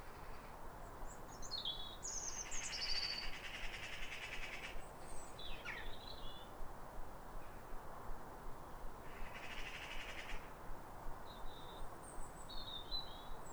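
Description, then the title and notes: European robin song, thin high warbling phrases with pauses between, over steady low background rumble and brief hissy noise bursts. Pair of robins in neighbouring gardens singing a duet at a clear, calm, rosy New Year sunrise in winter, after weeks of rain; recorded by Fergus Collins. "Sound Escape 150: Be uplifted by a chorus of New Year's robins. A pair of robins in neighbouring gardens welcome the early sun with wistful phrases. BBC Countryfile Magazine. Recorded by Fergus Collins"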